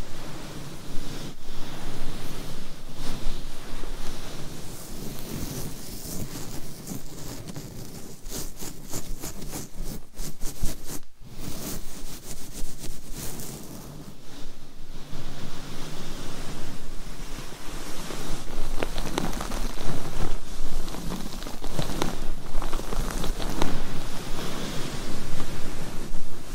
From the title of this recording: ASMR Mic Scratching